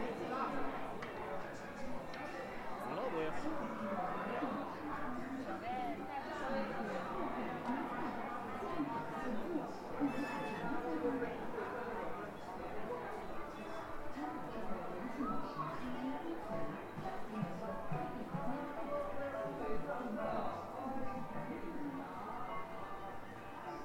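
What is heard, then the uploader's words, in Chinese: Crowd sound on Zhongjie street in Shenyang: many voices talking at once, overlapping into a dense, steady murmur for the whole stretch. Individual words surface briefly but none stand out for long, and the level stays even throughout, with a faint higher-pitched clink near ten seconds. 沈阳，中街。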